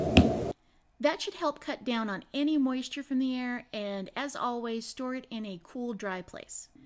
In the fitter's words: you want to close the cap until it clicks like you hear hear that